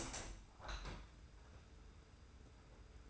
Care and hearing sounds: daily activity, microphone in the room; open window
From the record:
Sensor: 2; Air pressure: 991.1 hPa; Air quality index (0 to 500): 132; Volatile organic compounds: 165 ppm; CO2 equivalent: 4084 ppm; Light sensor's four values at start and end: 38/109/43/41 and 38/109/43/41

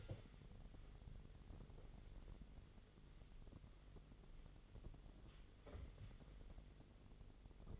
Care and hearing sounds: daily activity, microphone in the room; wipe stove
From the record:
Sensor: 4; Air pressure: 1004.1 hPa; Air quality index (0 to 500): 159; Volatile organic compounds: 2 ppm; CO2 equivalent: 1131 ppm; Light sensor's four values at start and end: 13/31/13/14 and 13/32/13/14

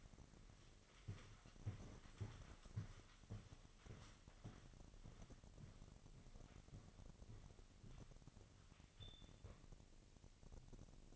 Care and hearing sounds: daily activity, microphone in the room; walk to room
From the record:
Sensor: 4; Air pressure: 1000.3 hPa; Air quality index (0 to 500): 212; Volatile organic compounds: 21 ppm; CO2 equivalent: 2734 ppm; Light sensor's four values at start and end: 9/20/8/7 and 9/21/8/8

